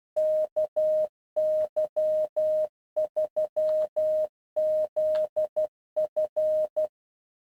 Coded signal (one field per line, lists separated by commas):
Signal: Morse code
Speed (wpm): 12 wpm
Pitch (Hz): 620 Hz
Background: none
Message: KY3ZF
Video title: morsewalker.com walkthrough.